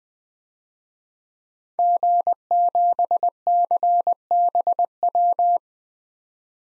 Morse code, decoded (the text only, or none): G7CBW